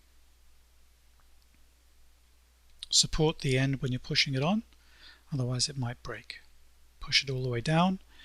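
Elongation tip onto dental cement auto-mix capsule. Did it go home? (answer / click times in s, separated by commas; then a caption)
yes / 2.8 s. A plastic elongation tip is pushed firmly onto the end of a RelyX self-etching resin cement auto-mix capsule, used for cementing a fiber post, with a sharp click at 2.8 seconds. Someone talks over the rest. The tip clicks into place and is seated on the capsule.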